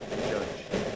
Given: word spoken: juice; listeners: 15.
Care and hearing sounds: one English word in noise, from a listening test; noise modulated by three-talker babble; -5.7 dB; 0 of 15; 8 of 15; 0.56 s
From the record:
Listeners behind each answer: 8, 1, 1, 1, 1, 1, 1, 1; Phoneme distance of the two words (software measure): 20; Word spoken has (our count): 1 syllable, 3 phonemes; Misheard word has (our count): 1 syllable, 3 phonemes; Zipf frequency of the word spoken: 4.44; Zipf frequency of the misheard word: 4.69

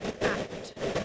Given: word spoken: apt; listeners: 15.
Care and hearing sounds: one English word in noise, from a listening test; noise modulated by three-talker babble; -6.9 dB; 2 of 15; 11 of 15; 0.65 s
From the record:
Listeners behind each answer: 11, 2, 1, 1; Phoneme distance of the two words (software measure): 10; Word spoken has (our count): 1 syllable, 3 phonemes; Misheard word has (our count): 1 syllable, 3 phonemes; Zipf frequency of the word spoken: 3.24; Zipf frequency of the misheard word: 4.99

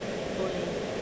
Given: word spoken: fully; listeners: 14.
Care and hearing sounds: one English word in noise, from a listening test; speech-shaped noise; -4.3 dB; 0 of 14; 11 of 14; 0.62 s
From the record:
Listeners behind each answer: 11, 1, 1, 1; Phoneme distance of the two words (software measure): 10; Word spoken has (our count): 2 syllables, 4 phonemes, stress on syllable 1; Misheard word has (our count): 2 syllables, 4 phonemes, stress on syllable 1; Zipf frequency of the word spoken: 4.61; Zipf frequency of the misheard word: 3.72

